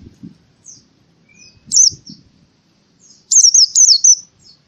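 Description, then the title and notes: Canary giving sparse high chirps, then a brief looping, fluttering phrase; soft low rumbles near the start. Song used as masteran material for training birds. "Kicauan Kenari Durasi Panjang 1. Masteran Burung Lengkap"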